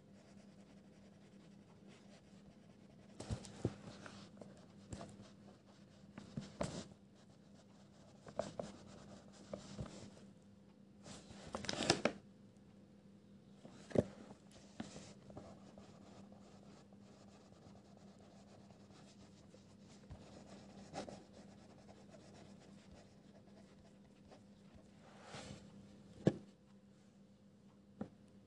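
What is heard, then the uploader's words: Pencil scribbling and small paper rustles come in short irregular bursts over a steady low hum. Study with me for 1 hr and 10 mins (NO MUSIC) Pencil ASMR, quiet space, page flipping, scribbles etc.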